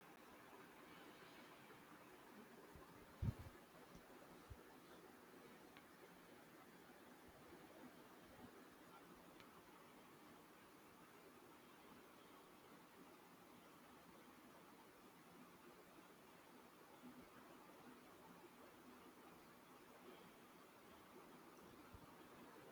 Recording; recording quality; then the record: deep breathing; poor, much background noise or distortion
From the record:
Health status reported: healthy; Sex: male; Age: 25 years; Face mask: not worn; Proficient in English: yes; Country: India